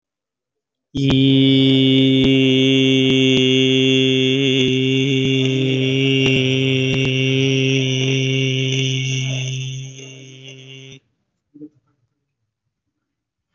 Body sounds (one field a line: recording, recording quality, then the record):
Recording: sustained vowel as in beet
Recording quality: excellent, no background noise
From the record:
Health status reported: COVID-19 positive, mild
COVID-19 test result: positive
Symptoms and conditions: cough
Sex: male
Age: 36 years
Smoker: not ticked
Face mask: worn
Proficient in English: yes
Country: India